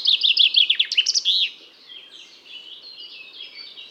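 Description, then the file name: Common chaffinch song: a fast descending series of bright trilled notes ending in a flourish, about one and a half seconds long, followed by fainter bird twittering. "Pinson des arbres"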